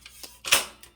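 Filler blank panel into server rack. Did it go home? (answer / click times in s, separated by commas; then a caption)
yes / 0.5 s. A punch filler blank panel is fitted into an empty space in a server rack. Faint ticks at 0.1 and 0.2 s lead into a rising scrape from about 0.4 s and a loud, bright snap at 0.5 s as the panel snaps into place, with a last light tick at 0.8 s.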